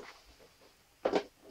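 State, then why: Seated. The two plastic halves of the grass collection bag for an Einhell GE-CM 36 Li lawn mower are lined up and pressed together. After quiet handling noise, a sharp plastic click sounds at 1.1 s as one half snaps into the other. The halves are confirmed properly clipped together.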